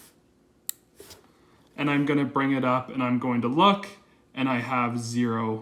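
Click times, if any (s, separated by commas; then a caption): 0.7 s. A micrometer's ratchet stop on the spindle thimble is turned after the micrometer is closed, for consistent measuring pressure, and gives one sharp click at 0.7 s, followed by a softer tick near 1.1 s. Someone then talks as the reading is checked at zero.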